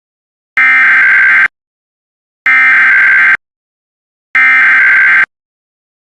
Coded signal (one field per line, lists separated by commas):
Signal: Emergency Alert System (SAME) tones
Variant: header bursts